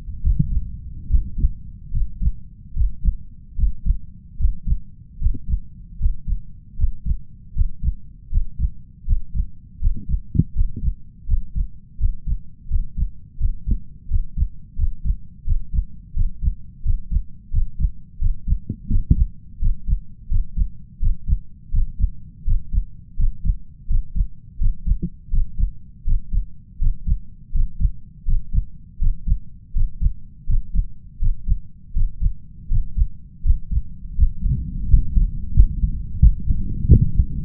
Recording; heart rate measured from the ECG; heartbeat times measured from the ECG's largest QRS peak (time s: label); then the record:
heart sounds by stethoscope; 82 bpm
0.21 s: heartbeat
1.07 s: heartbeat
1.91 s: heartbeat
2.73 s: heartbeat
3.55 s: heartbeat
4.37 s: heartbeat
5.18 s: heartbeat
5.98 s: heartbeat
6.76 s: heartbeat
7.53 s: heartbeat
8.29 s: heartbeat
9.05 s: heartbeat
9.79 s: heartbeat
10.53 s: heartbeat
11.26 s: heartbeat
11.97 s: heartbeat
12.67 s: heartbeat
13.37 s: heartbeat
14.08 s: heartbeat
14.76 s: heartbeat
15.44 s: heartbeat
16.13 s: heartbeat
16.82 s: heartbeat
17.51 s: heartbeat
18.19 s: heartbeat
18.88 s: heartbeat
19.59 s: heartbeat
20.28 s: heartbeat
20.99 s: heartbeat
21.71 s: heartbeat
22.44 s: heartbeat
23.16 s: heartbeat
23.87 s: heartbeat
24.58 s: heartbeat
25.30 s: heartbeat
26.04 s: heartbeat
26.79 s: heartbeat
27.52 s: heartbeat
28.25 s: heartbeat
28.99 s: heartbeat
29.73 s: heartbeat
30.46 s: heartbeat
31.19 s: heartbeat
31.93 s: heartbeat
32.68 s: heartbeat
33.43 s: heartbeat
34.16 s: heartbeat
34.87 s: heartbeat
35.53 s: heartbeat
36.19 s: heartbeat
36.87 s: heartbeat
From the record:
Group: healthy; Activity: Valsalva maneuver 0-23 s, rest 23-37 s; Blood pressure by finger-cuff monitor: 144/94 mmHg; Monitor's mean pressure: 108 mmHg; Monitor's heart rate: 82 bpm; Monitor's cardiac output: 6.3 L/min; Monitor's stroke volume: 74 mL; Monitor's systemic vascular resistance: 1290 dyn s/cm5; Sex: male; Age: 21 years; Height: 180 cm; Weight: 67.5 kg